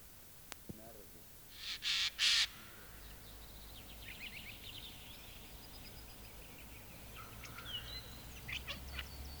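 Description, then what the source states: Eurasian Jay giving three harsh, rasping screeches close together, with faint high chirps from small birds afterwards. Field recording from Finland, issued on cassette in 1987.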